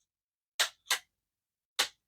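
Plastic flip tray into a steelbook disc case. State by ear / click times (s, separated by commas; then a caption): seated / 0.6 s, 1.8 s. Hinged plastic disc flip trays inside a foreign Blu-ray steelbook disc case are closed by hand, giving three short, sharp, bright snaps. The trays click into place at 0.6 s and 1.8 s, with another snap at 0.9 s, and they end seated.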